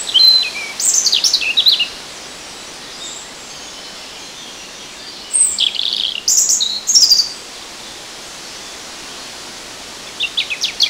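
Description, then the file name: European robin singing short high sweet phrases of twittering and descending notes, delivered in bursts with pauses between, against soft background hiss. "Erithacus rubecula"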